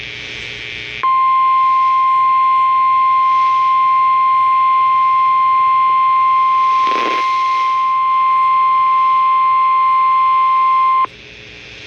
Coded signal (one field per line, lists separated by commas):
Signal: Emergency Alert System (SAME) tones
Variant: 1050 Hz attention tone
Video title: EAS #29 IN MY COUNTY